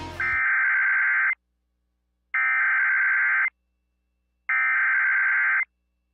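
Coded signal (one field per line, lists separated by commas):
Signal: Emergency Alert System (SAME) tones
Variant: header bursts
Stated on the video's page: Mix of EAS alerts: weekly tests, local area emergencies and civil emergency messages.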